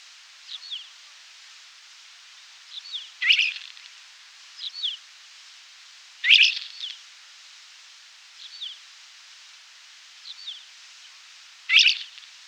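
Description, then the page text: Isabelline wheatear song: sparse short phrases and faint high notes, with three louder bursts, against a quiet hiss. "Isabelline Wheatear Song. Quick Sounds"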